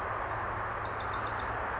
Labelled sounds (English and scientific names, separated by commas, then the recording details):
Bewick's Wren (Thryomanes bewickii)
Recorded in Sonoma County, California